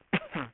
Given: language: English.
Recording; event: throat vibration sensor signal played as sound; cough